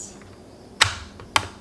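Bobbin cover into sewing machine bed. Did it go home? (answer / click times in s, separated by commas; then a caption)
yes / 1.4 s. After the bobbin is loaded, a plastic bobbin cover is slid back into place on the bed of a mini sewing machine. A sharp click sounds at 0.8 s, then the cover snaps shut with a louder, crisp click at 1.4 s, seated in place.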